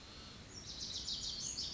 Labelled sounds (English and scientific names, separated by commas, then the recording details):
Lazuli Bunting (Passerina amoena)
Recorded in Sonoma County, California